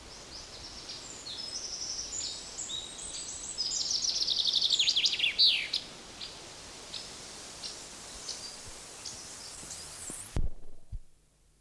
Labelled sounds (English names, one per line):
Common Chaffinch